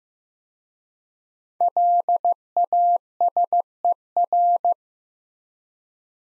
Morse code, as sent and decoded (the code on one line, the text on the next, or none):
.-.. .- ... . .-.
LASER